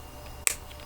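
A replacement plastic circle pad module for a New 3DS XL is slid into its mount in the handheld console shell and twisted until it snaps in. A single sharp click at 0.5 s, bright in the high frequencies, stands out against quiet background noise. The circle pad is seated.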